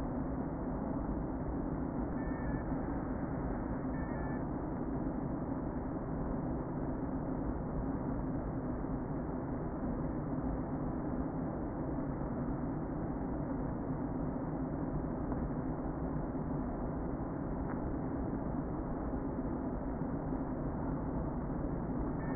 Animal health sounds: honeybee colony, microphone inside the hive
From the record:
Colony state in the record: queen present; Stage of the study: before two queens were removed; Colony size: about 60,000 bees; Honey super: yes

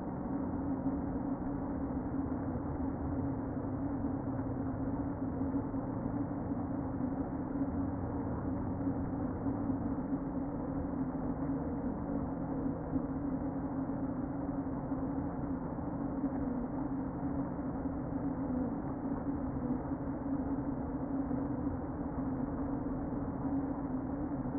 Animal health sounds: honeybee colony, microphone inside the hive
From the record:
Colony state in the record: queen present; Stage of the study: before two queens were removed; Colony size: about 60,000 bees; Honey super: yes

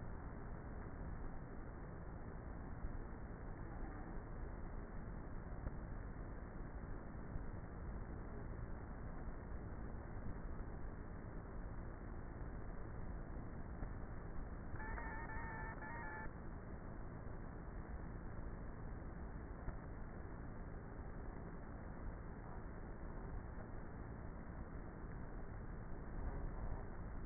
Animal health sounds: honeybee colony, microphone inside the hive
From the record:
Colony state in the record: queenless with a low population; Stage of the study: before two queens were removed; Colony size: about 30,000 bees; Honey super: no

